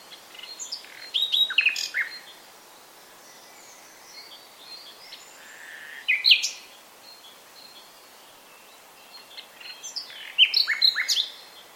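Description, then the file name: Common nightingale giving three short bursts of varied, sharp song notes, with quiet stretches between. "Luscinia megarhynchos"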